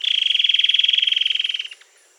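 Bird trill, a fast even series of buzzy pulses at one high pitch, lasting nearly two seconds before stopping abruptly.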